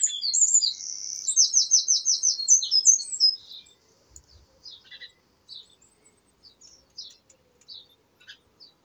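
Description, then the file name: Eurasian wren song: a bright, fast series of high notes and rattling trills for about three seconds, then soft, sparse chirps. "Troglodytes troglodytes"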